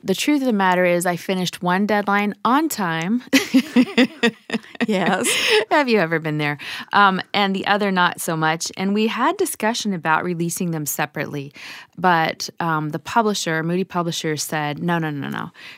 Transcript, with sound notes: the truth of the matter is, I finished one deadline—and on time. (laughter) Have you ever been there? And the other, not so much. And we had discussion about releasing them separately, but the publisher, Moody Publisher, said, “No, no, no, no.”